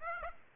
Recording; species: mosquito wingbeat signal from an infrared sensor; Aedes aegypti